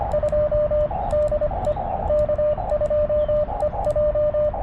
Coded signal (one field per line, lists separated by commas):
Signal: Morse code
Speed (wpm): 24 wpm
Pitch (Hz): 590 Hz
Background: radio noise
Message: 2 DE K2EJ